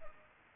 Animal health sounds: mosquito wingbeat signal from an infrared sensor; Culex pipiens

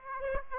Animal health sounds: mosquito wingbeat signal from an infrared sensor; Aedes aegypti

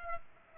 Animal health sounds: mosquito wingbeat signal from an infrared sensor; Aedes aegypti

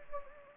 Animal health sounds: mosquito wingbeat signal from an infrared sensor; Anopheles gambiae

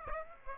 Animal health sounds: mosquito wingbeat signal from an infrared sensor; Aedes aegypti

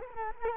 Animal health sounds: mosquito wingbeat signal from an infrared sensor; Culex quinquefasciatus

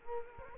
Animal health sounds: mosquito wingbeat signal from an infrared sensor; Culex quinquefasciatus

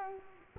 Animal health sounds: mosquito wingbeat signal from an infrared sensor; Culex quinquefasciatus

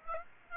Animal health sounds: mosquito wingbeat signal from an infrared sensor; Aedes aegypti

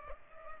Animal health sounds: mosquito wingbeat signal from an infrared sensor; Culex pipiens

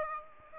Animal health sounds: mosquito wingbeat signal from an infrared sensor; Aedes aegypti

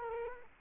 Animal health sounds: mosquito wingbeat signal from an infrared sensor; Culex quinquefasciatus

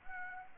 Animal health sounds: mosquito wingbeat signal from an infrared sensor; Anopheles arabiensis

